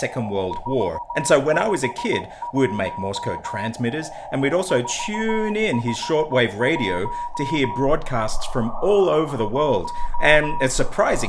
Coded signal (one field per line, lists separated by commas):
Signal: Morse code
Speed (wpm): 16 wpm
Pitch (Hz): 960 Hz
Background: speech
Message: 451 451 1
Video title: Why Morse Code Fast Tracks Language Learning